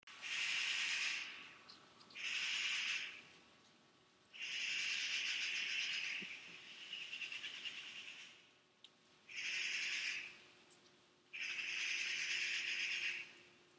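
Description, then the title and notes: Bird giving long, harsh, hissing screeches, each about one to four seconds, repeated with short gaps, over a faint steady hum. At the recordist's house. "Weird Bird at my house by Melanie Koeppen"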